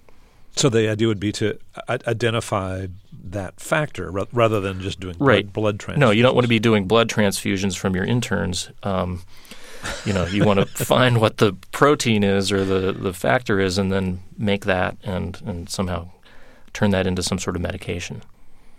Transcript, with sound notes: So the idea would be to identify that factor rather than just doing blood transfusions?
Right. No, you don't want to be doing blood transfusions from your interns.
(Laughter).
You know, you want to find what the protein is or the factor is and then make that and somehow turn that into some sort of medication.